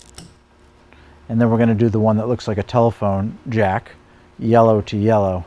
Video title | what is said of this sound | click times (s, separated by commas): Ball Cannon Assembly | until we hear click sound | 0.2 s